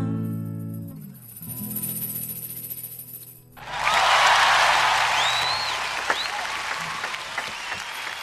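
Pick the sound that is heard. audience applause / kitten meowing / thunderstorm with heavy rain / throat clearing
audience applause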